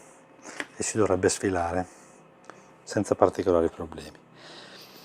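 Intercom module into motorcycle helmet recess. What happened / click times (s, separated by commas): The plastic module is being slid into place but has not yet seated / none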